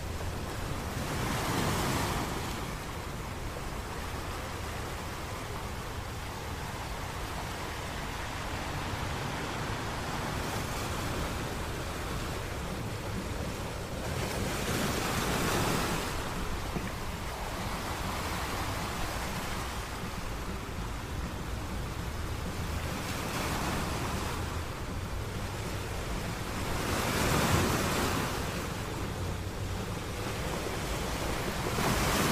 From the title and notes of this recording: Ocean Waves ASMR Sounds. Ocean waves noise.